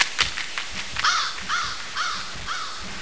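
Crow cawing: a series of about four harsh, hoarse caws roughly every half second, over steady background hiss with a few sharp clicks at the start.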